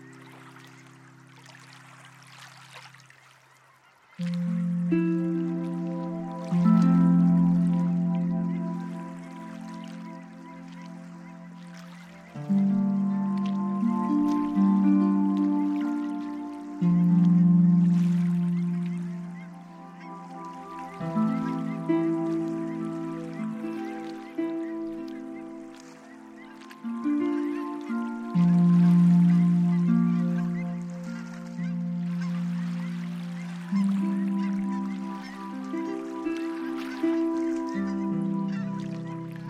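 Slow, sustained chords of strings and soft synth drones swell and fade, with a new low chord entering roughly every four seconds after a quiet opening. Each chord blooms, then eases down, while thinner, higher tones shimmer faintly above the warm low notes.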